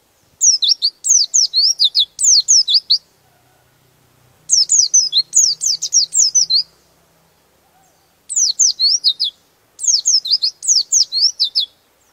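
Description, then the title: White-eye song: rapid bursts of high, thin, downslurred twittering notes in phrases of about one to three seconds, separated by short pauses; otherwise quiet. "Pleci"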